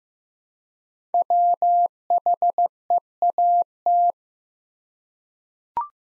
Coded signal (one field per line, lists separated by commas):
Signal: Morse code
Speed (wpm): 15 wpm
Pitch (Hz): 700 Hz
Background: none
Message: WHEAT